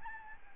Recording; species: mosquito wingbeat signal from an infrared sensor; Aedes albopictus